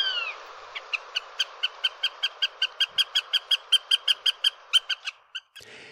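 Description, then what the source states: Northern Goshawk cackling: a rapid run of many sharp, clipped notes, ending abruptly. Bird of prey whose call the jay imitates; could threaten a jay-sized bird or hare-sized mammal.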